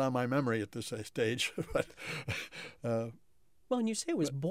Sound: chuckles

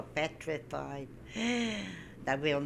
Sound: she gasps

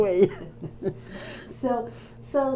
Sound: chuckles

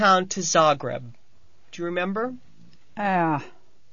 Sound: none

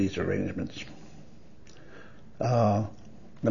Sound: sigh

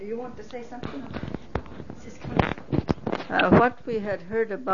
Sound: disturbance to the microphone

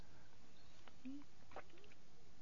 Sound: drinks

